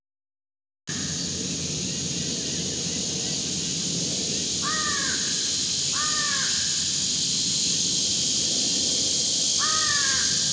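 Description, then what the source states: American crow calls: three harsh caws, two close together midway and a third near the end, over a steady high hiss. Pair of American crows calling at 10:35 a.m., July 25, 2019, about 35-40 meters away near the top of a 25-meter pine across a road; clear skies, no wind, about 70 degrees.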